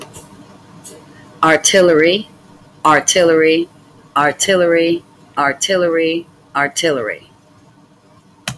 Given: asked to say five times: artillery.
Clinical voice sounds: repeated word; female; 50 to 59 years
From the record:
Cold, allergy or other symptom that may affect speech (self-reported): no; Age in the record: 57 years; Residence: Florida, United States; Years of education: 14

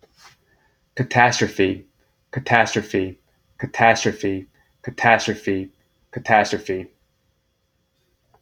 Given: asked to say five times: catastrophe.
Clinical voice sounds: repeated word; male; 30 to 39 years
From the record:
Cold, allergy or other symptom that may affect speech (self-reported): no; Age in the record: 36 years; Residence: United States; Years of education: 14

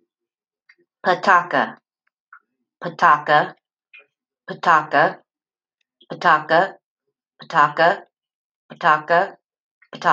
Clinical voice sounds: repeated syllables /pa ta ka/; female; 20 to 29 years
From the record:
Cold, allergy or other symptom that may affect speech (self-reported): no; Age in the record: 28 years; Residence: North Carolina, United States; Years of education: 8

